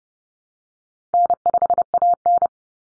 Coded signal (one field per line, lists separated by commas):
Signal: Morse code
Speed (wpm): 30 wpm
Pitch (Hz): 700 Hz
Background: none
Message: N5AN